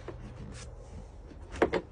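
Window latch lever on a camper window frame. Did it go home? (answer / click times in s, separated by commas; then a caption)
released / 1.6 s, 1.7 s. A window latch lever on the frame of a pop-open window on an Opus 15 (OP15) off-road camper is flipped to spring the window open. After low, steady background noise and a faint tap near 0.1 s, a sharp double click sounds at 1.6 s and 1.7 s as the lever releases. The lever clicks open and the window is released.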